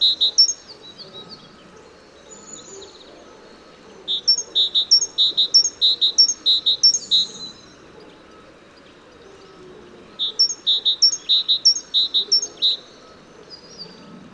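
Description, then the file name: Great tit song: bright two-note phrases repeated rapidly in two bursts of about three seconds, separated by a pause, over faint low background noise. "Parus major"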